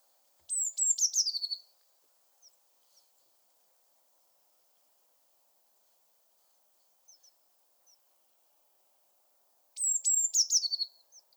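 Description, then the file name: Eurasian blue tit call: high piercing note tumbling into a rapid scolding churr, heard at the start and again near the end, a few faint high ticks in between. "Cyanistes caeruleus"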